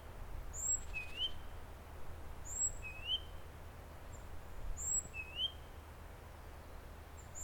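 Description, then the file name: Great tit calling: thin very high whistles, each followed by a lower upslurred note, repeated roughly every two seconds above low rumbling background noise. "Parus major"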